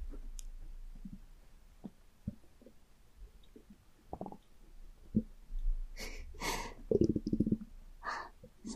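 Irregular low gurgles and rumbles from the empty stomach of an adult woman who last ate around 1 pm the previous day, about 21 hours earlier: ordinary hunger bowel sounds amid quiet breathing.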